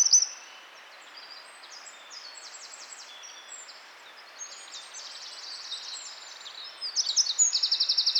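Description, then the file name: Eurasian wren song, a brief loud start, then mostly soft high chattering, finishing with a loud, rapid trill. "Troglodytes troglodytes"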